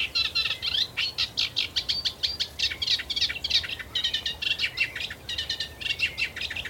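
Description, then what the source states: Reed warbler singing a continuous, jerky stream of scratchy, chattering phrases that repeat rapidly and vary slightly in pitch, with no other clear sounds. Singing overhead in the reed beds of the Avalon Marshes, former peat pits turned over to nature, Somerset Levels.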